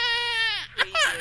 Baby Crying.